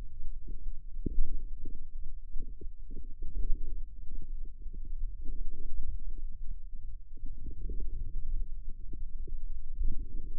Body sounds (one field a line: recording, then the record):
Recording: forearm muscle sounds (acoustic myography)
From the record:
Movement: outward rotation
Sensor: system 2, bracelet of six BSWA MPA416 microphones around the upper forearm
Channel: 5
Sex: male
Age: 22 years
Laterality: right